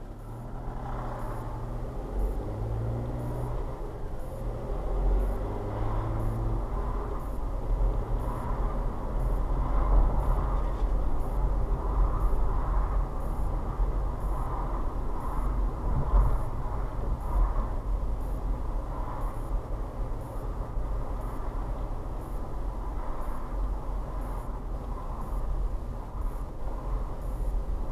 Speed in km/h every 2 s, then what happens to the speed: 8, 16, 19, 24, 29, 32, 32, 31, 27, 27, 27, 27, 24, 23.
0-10 speeds up to 32. 10-28 slows to 23.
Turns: none.